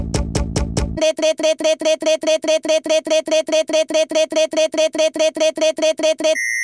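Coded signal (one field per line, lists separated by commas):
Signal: none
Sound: musical synth beeps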